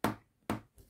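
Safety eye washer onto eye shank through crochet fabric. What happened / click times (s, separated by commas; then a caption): The plastic washer clicked firmly onto its shank in two steps / 0.0 s, 0.5 s. A second plastic safety eye washer is pressed onto its eye shank through crochet fabric, giving two sharp, bright clicks at 0.0 s and 0.5 s. Fainter taps follow near the end. The washer is seated and confirmed secure.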